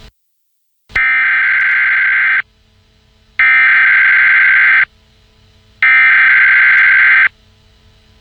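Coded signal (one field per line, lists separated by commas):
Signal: Emergency Alert System (SAME) tones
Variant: header bursts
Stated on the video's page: Fictional alert scenario created with an EAS simulator tool.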